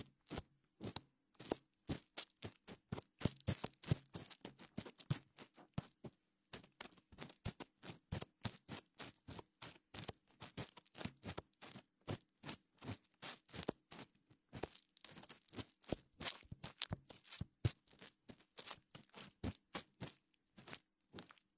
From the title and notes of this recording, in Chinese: 鹿姐姐清理你的耳朵(双耳同时)。木质耳勺、棉签、指尖摩擦。